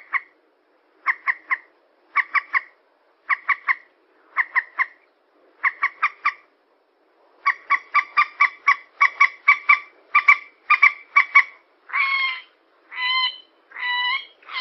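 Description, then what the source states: Yellow-vented bulbul calls, short bubbly phrases of quick notes repeated steadily, then longer runs, closing with a few slurred whistled notes. Bird lure recording.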